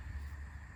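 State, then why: Not seated. A transmission dipstick is being reinserted into its dipstick tube on a 2007-2014 Honda CR-V, with the notch on its rubber cap turned toward the driver's side, where it locks into place on the tube. Only a steady low rumble and faint handling sound are heard across the 0.8 seconds. Nothing has seated or clicked yet.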